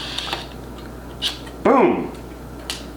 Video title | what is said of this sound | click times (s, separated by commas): How to use the Jollylook!!!! | it catches the black thumb cover like so boom | 0.2 s, 0.3 s